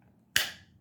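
A fixed-blade knife, used a lot, is pushed back into its sheath, which is a little loose with a slight rattle. A single sharp, loud snap rings out at 0.4 s as the sheath's retention engages, then fades quickly. The knife is seated and held in the sheath.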